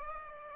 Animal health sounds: mosquito wingbeat signal from an infrared sensor; Aedes aegypti

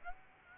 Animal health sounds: mosquito wingbeat signal from an infrared sensor; Aedes aegypti

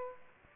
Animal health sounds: mosquito wingbeat signal from an infrared sensor; Aedes aegypti

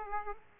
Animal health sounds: mosquito wingbeat signal from an infrared sensor; Aedes aegypti

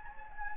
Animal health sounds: mosquito wingbeat signal from an infrared sensor; Anopheles gambiae

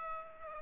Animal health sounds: mosquito wingbeat signal from an infrared sensor; Aedes aegypti

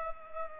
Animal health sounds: mosquito wingbeat signal from an infrared sensor; Culex pipiens

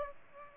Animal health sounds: mosquito wingbeat signal from an infrared sensor; Aedes aegypti

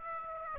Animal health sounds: mosquito wingbeat signal from an infrared sensor; Aedes aegypti

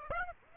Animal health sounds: mosquito wingbeat signal from an infrared sensor; Aedes aegypti

